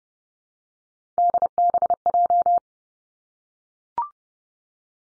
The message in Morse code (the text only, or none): DBJ